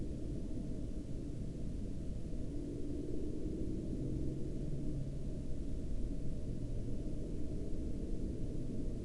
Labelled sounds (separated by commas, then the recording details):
aircraft
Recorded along the Dalton Highway, Alaska, on 22 March 2019 at 12:11
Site 07